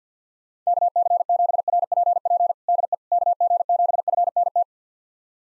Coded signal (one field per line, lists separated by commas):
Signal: Morse code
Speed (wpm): 50 wpm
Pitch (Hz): 700 Hz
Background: none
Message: KC7RPP DE KG7FNT